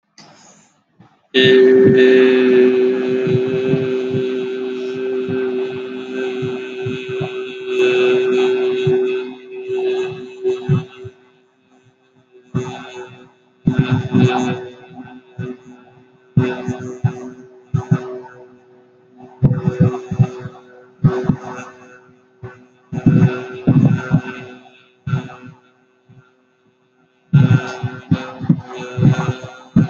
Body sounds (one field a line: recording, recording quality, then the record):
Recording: sustained vowel as in made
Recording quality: moderate, slight background noise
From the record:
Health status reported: healthy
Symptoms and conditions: none ticked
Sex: male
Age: 19 years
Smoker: not ticked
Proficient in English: yes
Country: India